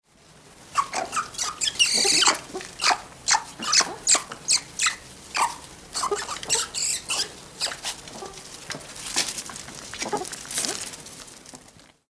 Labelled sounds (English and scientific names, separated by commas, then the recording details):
Binturong (Arctictis binturong)
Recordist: Tembrock, Günter
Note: Kontaktlaute